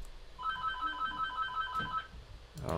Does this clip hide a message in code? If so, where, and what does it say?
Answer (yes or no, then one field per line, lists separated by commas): no